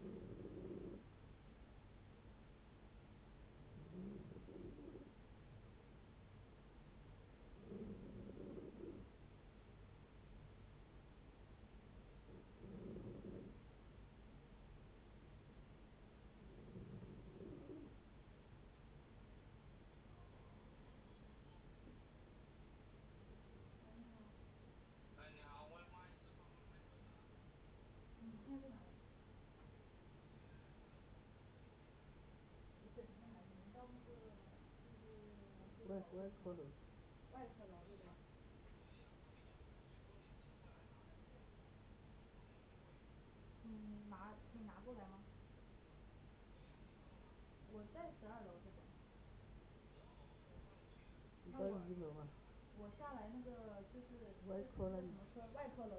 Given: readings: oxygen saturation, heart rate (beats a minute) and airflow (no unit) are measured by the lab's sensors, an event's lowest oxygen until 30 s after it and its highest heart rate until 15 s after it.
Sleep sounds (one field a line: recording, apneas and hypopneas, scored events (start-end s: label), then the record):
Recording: a person awake in a sleep study, by a voice recorder at the bedside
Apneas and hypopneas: 1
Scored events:
10.00-25.30 s: hypopnea (scored as awake, oxygen 91% highest, then 90% lowest, heart rate 65 at the start, 74 highest)
10.00-55.99 s: awake
10.00-55.99 s: new sleep stage, awake
From the record:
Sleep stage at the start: N2 (light sleep)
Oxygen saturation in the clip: 90 to 95%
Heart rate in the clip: 60 to 80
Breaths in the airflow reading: 15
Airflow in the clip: -8.6 to 8.2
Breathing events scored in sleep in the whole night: 496 in 5.4 hours asleep